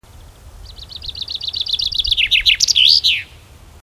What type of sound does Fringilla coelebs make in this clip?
song